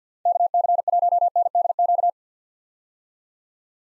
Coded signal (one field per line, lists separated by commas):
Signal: Morse code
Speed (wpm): 50 wpm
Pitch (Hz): 700 Hz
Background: none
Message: KC1NDQ